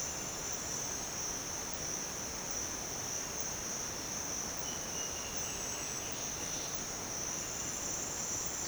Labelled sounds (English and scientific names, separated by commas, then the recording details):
Peruvian Warbling Antbird (Hypocnemis peruviana)
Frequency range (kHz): Peruvian Warbling Antbird (Hypocnemis peruviana) 1.7-4.3 kHz
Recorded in dense forest near Puerto Asís, Putumayo, Colombia, on 29 June 2025 at 07:00
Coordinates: 0.484, -76.317
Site G045